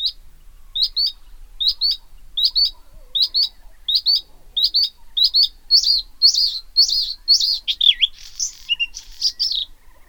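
Bluethroat song of paired clipped high notes repeated steadily, building into a louder varied run of buzzy, warbled and dipping phrases.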